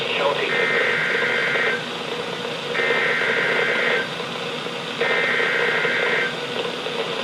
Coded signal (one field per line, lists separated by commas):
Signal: Emergency Alert System (SAME) tones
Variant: header bursts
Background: speech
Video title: EAS #1484-#1501: Ping Pong Ball Sized Hail | WXL60 & WZ2500